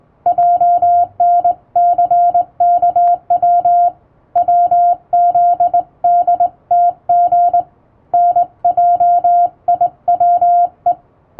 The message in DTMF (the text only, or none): none